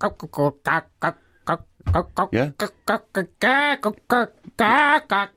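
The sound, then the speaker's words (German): A chicken clucks in a rapid run of short, bright, nasal bursts, rising to a few longer, louder squawking calls toward the end. “Und die, das Huhn. Können wir es nochmal zum Lernen haben?”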